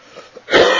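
Two faint breathy huffs lead into one loud, harsh burst of throat clearing or a short cough, lasting under half a second in a quiet indoor room. It is a single isolated clearing of the throat, not a coughing fit, from an adult man with sinus problems and a flower allergy that leave him a little hoarse.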